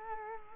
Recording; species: mosquito wingbeat signal from an infrared sensor; Culex quinquefasciatus